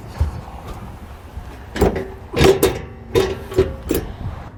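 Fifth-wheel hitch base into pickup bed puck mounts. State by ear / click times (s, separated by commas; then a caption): not seated / none. A steel B and W Companion OEM fifth-wheel hitch is lowered onto the factory in-bed puck mounts of a 2022 Ram 2500 pickup bed, with several sharp metallic knocks around 1.8, 2.6 and 3.2 seconds as the hitch settles. Nothing has locked or clicked yet: the hitch is not locked in on all four sides, leaving a considerable gap between the bed and the bottom of the base plate.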